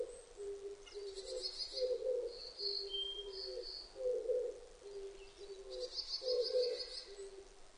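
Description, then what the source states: Oriental turtle dove giving low, gruff rhythmic coos in steady repeated phrases, while small birds twitter high in the background. Recorded 19 April 2005.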